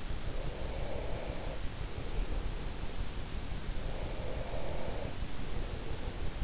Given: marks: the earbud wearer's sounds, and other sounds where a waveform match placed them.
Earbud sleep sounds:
sounds in sleep by an in-ear microphone; breath
0.25-2.90 s: breath
3.81-6.26 s: breath

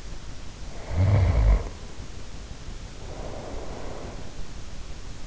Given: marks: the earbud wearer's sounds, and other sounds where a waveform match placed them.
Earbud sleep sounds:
sounds in sleep by an in-ear microphone; snoring breath, breath
0.76-1.73 s: snoring breath
2.77-4.27 s: breath

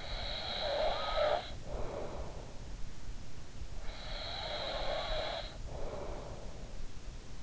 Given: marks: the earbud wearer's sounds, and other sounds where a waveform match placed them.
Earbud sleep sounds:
sounds in sleep by an in-ear microphone; snoring breath
0.00-2.74 s: snoring breath
3.88-6.57 s: snoring breath

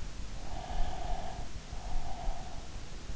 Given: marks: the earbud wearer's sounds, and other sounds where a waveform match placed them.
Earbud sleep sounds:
sounds in sleep by an in-ear microphone; breath
0.25-3.16 s: breath

